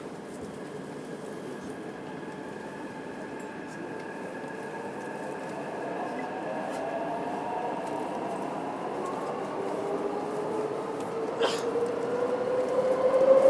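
A ride on the Taipei Metro Tamsui line, with a steady low rumble of the train running along the track. The sound slowly grows louder, and faint rising and falling whines weave through it. A brief sharp squeal comes near the end.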